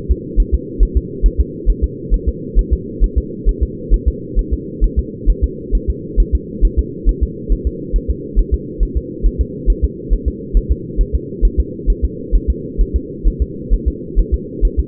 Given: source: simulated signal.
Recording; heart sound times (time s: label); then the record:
fetal heart sounds
0.11 s: S2
0.40 s: S1
0.55 s: S2
0.83 s: S1
0.97 s: S2
1.26 s: S1
1.41 s: S2
1.70 s: S1
1.84 s: S2
2.14 s: S1
2.28 s: S2
2.59 s: S1
2.73 s: S2
3.04 s: S1
3.18 s: S2
3.49 s: S1
3.63 s: S2
3.94 s: S1
4.08 s: S2
4.39 s: S1
4.53 s: S2
4.84 s: S1
4.99 s: S2
5.30 s: S1
5.44 s: S2
5.75 s: S1
5.90 s: S2
6.20 s: S1
6.35 s: S2
6.65 s: S1
6.79 s: S2
7.09 s: S1
7.23 s: S2
7.53 s: S1
7.67 s: S2
7.96 s: S1
8.11 s: S2
8.39 s: S1
8.54 s: S2
8.83 s: S1
8.97 s: S2
9.26 s: S1
9.41 s: S2
9.70 s: S1
9.84 s: S2
10.14 s: S1
10.28 s: S2
10.57 s: S1
10.72 s: S2
11.01 s: S1
11.15 s: S2
11.45 s: S1
11.60 s: S2
11.90 s: S1
12.05 s: S2
12.36 s: S1
12.50 s: S2
12.81 s: S1
12.96 s: S2
13.28 s: S1
13.42 s: S2
13.74 s: S1
13.88 s: S2
14.19 s: S1
14.34 s: S2
14.65 s: S1
14.80 s: S2
From the record:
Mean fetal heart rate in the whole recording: 135 bpm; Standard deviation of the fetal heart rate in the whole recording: 3 bpm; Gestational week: 36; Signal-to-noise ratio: -4.1 dB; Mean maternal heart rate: no maternal heart sound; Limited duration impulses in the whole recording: absent